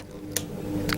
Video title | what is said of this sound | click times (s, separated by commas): Unboxing canon eos m3 - video and audio test - new vloggcamera | it like you mean it until it clicks | 0.4 s